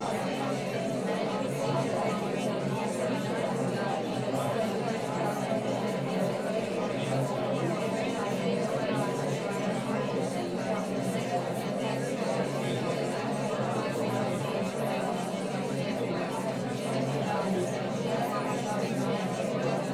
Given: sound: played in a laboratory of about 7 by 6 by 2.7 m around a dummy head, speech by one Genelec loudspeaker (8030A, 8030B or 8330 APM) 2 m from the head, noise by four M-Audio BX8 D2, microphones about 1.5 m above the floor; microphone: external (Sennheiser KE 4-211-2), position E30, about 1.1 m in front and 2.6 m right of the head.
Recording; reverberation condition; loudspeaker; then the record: babble noise; low; four, about 170 cm from the corners of the room and facing them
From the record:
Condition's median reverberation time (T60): about 310 ms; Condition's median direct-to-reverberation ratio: about 3.5 dB